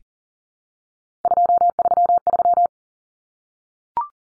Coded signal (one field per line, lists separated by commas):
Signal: Morse code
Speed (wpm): 40 wpm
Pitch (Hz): 700 Hz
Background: none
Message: 233